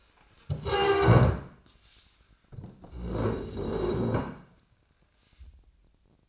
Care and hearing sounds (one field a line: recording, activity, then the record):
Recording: daily activity, microphone in the room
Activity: stand up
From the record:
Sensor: 2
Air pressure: 1012.2 hPa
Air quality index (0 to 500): 158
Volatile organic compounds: 2 ppm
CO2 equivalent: 1158 ppm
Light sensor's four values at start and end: 40/103/44/50 and 36/93/39/44